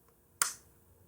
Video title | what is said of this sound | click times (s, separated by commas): Creating Custom Yu-Gi-Oh Card Archetype - Floral Monastery Part 5 (with voice) | playing with my keyboard cord this wireless keyboard has feet that snap in place snap | 0.4 s